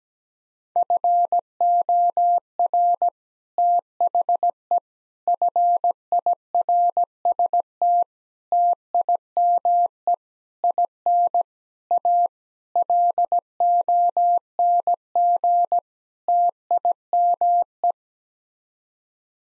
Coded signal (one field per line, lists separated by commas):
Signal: Morse code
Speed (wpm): 17 wpm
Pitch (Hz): 700 Hz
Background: none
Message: FOR THE FIRST TIME IN A LONG TIME